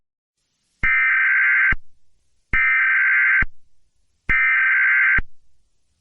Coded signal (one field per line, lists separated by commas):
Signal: Emergency Alert System (SAME) tones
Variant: header bursts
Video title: EAS: Amber alert on PBS Kids WPBT2